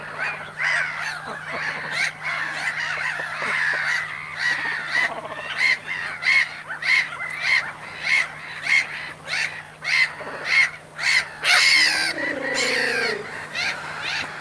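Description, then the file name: Gulls giving many loud, harsh calls amid a noisy colony chorus, with a steady low hum underneath. Loud seagulls at a cormorant nesting site, recorded in mono with a DPA microphone. "animals cormorants nest loud seagulls"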